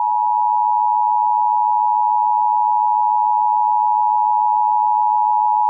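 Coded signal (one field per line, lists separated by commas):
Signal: Emergency Alert System (SAME) tones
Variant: 853 and 960 Hz attention tone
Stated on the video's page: Emergency alert tests captured from a radio station relay.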